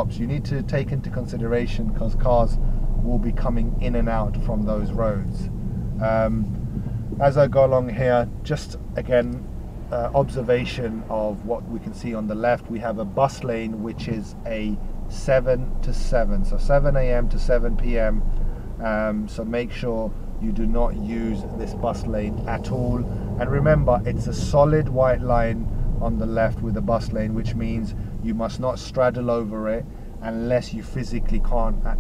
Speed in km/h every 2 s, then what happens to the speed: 13, 15, 13, 6, 3, 0, 0, 0, 3, 2, 11, 13, 13, 5, 3, 3.
3-9 slows to 0. 9-15 standing. 18-21 pulls away to 13. 24-27 slows to 3.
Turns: none.